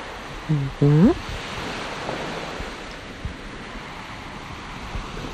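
A steady, hissing wash of sea surf runs through the whole stretch, soft and even, with two short rising tonal cries breaking in near the start.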